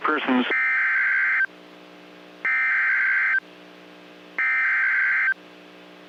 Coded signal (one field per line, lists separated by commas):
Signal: Emergency Alert System (SAME) tones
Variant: header bursts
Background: speech